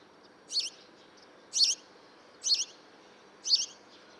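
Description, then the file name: House sparrow chirps, four short buzzy notes about one second apart over a faint steady background hiss. "Passer domesticus"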